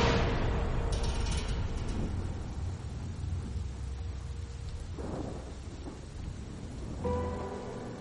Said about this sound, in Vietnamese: Mấy tiếng sét đùng đoàn vang lên liên tiếp, làm cho ai nấy cũng giật mình.